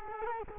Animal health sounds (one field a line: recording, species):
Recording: mosquito wingbeat signal from an infrared sensor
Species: Culex quinquefasciatus